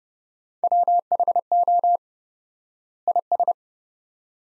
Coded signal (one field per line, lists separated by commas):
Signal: Morse code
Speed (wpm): 30 wpm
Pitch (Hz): 700 Hz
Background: none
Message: WHO IS